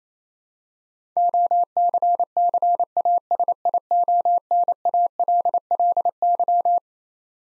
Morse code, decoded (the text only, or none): OCCASIONALLY